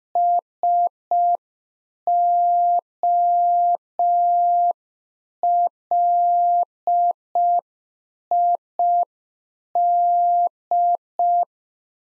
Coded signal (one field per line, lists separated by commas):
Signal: Morse code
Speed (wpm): 5 wpm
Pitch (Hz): 700 Hz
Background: none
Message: SOLID